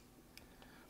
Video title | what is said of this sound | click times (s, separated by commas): Video Review: Transformers Legacy - Voyager G2 Universe JHIAXUS | pop that right back in there and | 0.4 s